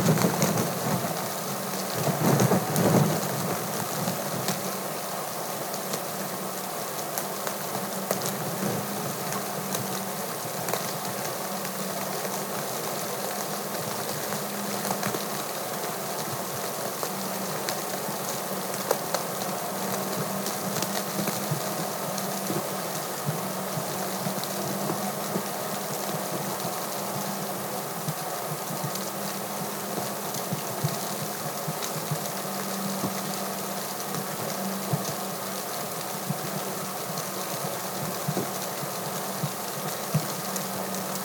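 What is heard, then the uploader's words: Snow falling gently on a cabin deck, a soft steady hiss with faint ticks and a low hum, plus a brief louder rustle near three seconds. A Snowy Cabin (Black Bear Lodge in Baldwin, MI). Gently falling snow outside of a cozy remote cabin. It was recorded with my my Sound Devices MixPre 6 and used both my Sennheiser MKH 416 shotgun mic. Snow gently falling on the deck of the cabin.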